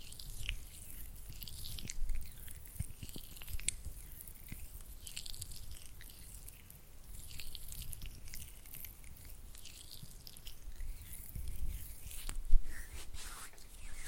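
Oily hands rub and fingers flutter in a continuous run of wet, squishy, slippery sounds. Soft smacking and sticky clicks come quickly and unevenly, with sharper pops near 2, 3.5 and 12.5 seconds. A low rumble and a bright hiss persist underneath throughout.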